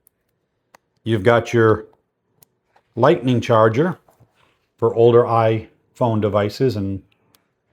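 Someone talks while handling the built-in Lightning charging cable of a SOARAISE solar power bank, bringing it toward its storage holder in the plastic case. Only a few faint, brief ticks are heard between the speech, and nothing has seated or clicked into the slot yet.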